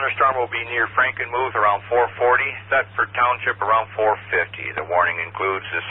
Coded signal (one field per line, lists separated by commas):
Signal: Emergency Alert System (SAME) tones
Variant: header bursts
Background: speech